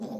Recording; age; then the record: pig call; piglet (1 to 25 days)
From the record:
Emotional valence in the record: negative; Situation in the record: long isolation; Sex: female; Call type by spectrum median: low-frequency call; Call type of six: low-frequency modulated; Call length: 0.20 s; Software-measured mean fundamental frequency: 55 Hz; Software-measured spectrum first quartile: 224 Hz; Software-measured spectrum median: 337 Hz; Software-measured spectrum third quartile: 640 Hz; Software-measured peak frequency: 229 Hz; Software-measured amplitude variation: 110 dB a second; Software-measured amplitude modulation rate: 21.9 a second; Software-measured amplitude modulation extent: 5.0 dB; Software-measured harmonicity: 3.7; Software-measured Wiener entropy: -0.39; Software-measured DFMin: 1418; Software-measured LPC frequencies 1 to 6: 3526, 5116, 6216, 7627, 9008, 10317 Hz